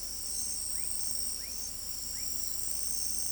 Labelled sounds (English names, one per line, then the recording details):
none
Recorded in pastures near Pivijay, Magdalena, Colombia, on 3 June 2023 at 00:30
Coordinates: 10.456, -74.369
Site P6-G026